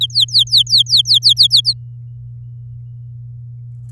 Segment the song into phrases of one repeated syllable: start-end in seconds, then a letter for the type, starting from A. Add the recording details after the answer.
0.01-1.74 A. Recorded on 11 May 2018 at 08:49. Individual llb16